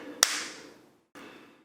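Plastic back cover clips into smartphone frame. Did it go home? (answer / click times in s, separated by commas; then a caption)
yes / 0.2 s. Pressing the plastic back cover around the edge of a Samsung Galaxy A02S smartphone, during reassembly after a lens glass repair, snaps its clips into the phone's frame with a sharp click at 0.2 s. The click rings out and fades, followed by a quieter, drawn-out sound at about 1.1 s. The cover's clips are seated.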